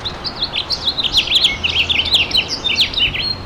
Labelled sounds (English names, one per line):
House Finch song